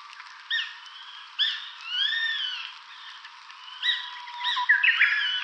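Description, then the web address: Eurasian jay giving clear, arched calls with strong harmonics, several rising then falling, sounding at uneven intervals, with sharp louder onsets and a busy burst of notes near the end. Utsunomiya, Japan; recorded 29 April 2011. "koe kakesu 110429 utsunomiya hirano"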